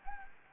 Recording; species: mosquito wingbeat signal from an infrared sensor; Anopheles gambiae